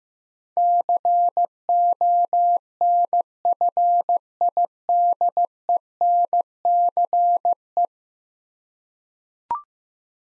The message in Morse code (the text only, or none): CONFIDENCE